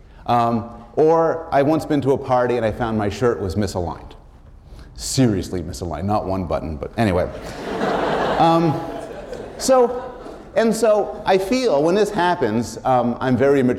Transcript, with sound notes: Or I have once been to a party and I found my shirt was misaligned, seriously misaligned, not one button but — [laughter] so — and so I feel when this happens I’m very immature.